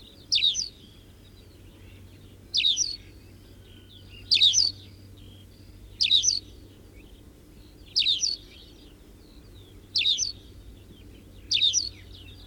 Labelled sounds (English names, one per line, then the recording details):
Tawny Pipit song
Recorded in the wild
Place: Adamclisi, Dobrogea, RO
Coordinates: 44.086, 27.956
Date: 1973-05-03
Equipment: Nagra III BH, Sennheiser MD 21, parabola
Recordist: Schubert, Michael